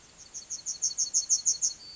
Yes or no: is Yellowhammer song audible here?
yes